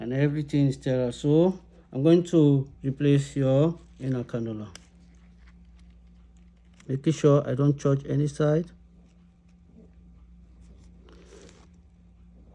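Someone talks while handling a tracheostomy inner cannula, replacing it into the tracheostomy tube without contaminating it. Faint soft handling taps follow at low level. Nothing has seated or clicked yet.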